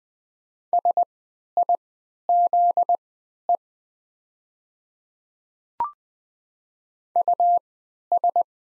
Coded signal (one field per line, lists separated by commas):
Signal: Morse code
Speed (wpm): 20 wpm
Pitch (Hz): 700 Hz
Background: none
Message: SIZE US